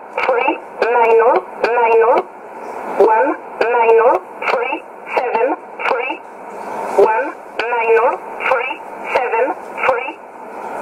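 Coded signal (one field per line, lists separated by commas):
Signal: numbers station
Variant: E11 Oblique, English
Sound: female or synthetic voice reading short words at a steady pace over shortwave radio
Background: radio static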